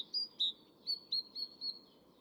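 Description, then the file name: Great tit notes: a string of about six clear, high whistled notes at uneven spacing, over low background noise. "Parus major"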